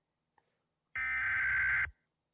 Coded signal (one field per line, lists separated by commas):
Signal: Emergency Alert System (SAME) tones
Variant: header bursts